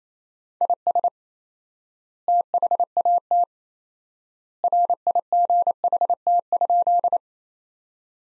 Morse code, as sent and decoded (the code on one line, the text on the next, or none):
.. ... / - .... .- - / .-. .. --. .... - ..--..
IS THAT RIGHT?